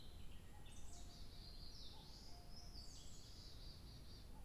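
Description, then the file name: Bird song in high, quick whistled phrases that slide and step between notes throughout, with faint low notes and a steady low rumble beneath. 2 July 2023. "birdsong 20230702"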